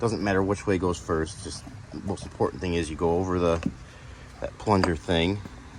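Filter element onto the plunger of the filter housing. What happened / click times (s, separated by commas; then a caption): Handled, no seating click yet: filter element not home / none. A replacement filter element is being fitted over the plunger in its filter housing on a flood- and storm-damaged 2014 VW Jetta while someone talks throughout. Only speech and faint handling are heard, and nothing has seated or clicked into place yet.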